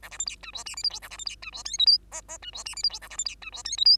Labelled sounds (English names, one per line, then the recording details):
Bengalese Finch song
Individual Bird2